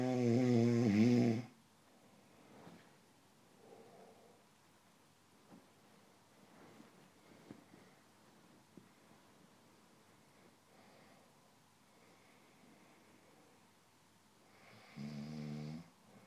Snoring.